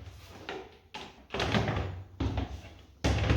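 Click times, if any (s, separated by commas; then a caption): none. An assembled IKEA drawer is set on the cabinet slide runners and handled. Several abrupt thumps and knocks are heard, with the sharpest at about 1.4 and 1.5 seconds, as it is pushed down onto the runners. Nothing has seated or clicked yet.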